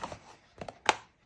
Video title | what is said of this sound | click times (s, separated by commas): Backpack Gift Bags #paperhappinessity #stampinup #giftboxes #backpackgiftbag #diygiftbags | and it's so easy. They just really click | 0.9 s